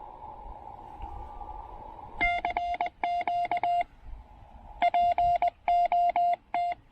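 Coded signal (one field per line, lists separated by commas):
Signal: Morse code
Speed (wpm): 20 wpm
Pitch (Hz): 700 Hz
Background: none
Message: CQ POT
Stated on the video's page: QRP Parks on the Air activation using a TR-45L transceiver and two 28-foot wire antennas.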